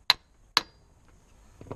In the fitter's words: there we go that's now clicked into place